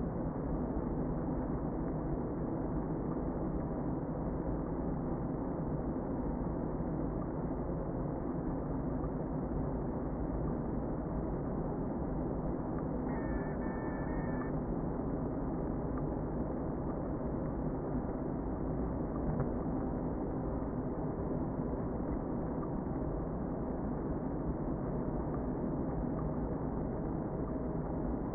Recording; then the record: honeybee colony, microphone inside the hive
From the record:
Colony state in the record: queen present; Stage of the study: before two queens were removed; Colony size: about 60,000 bees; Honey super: yes